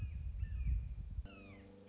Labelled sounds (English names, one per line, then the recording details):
Red-shouldered Hawk
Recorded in Sonoma County, California